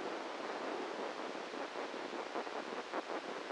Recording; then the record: brain microelectrode recording played as sound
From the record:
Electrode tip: inside the subthalamic nucleus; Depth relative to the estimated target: -2 mm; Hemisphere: right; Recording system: NeuroSet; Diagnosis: Parkinson's disease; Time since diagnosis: 7 years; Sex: male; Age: 44 years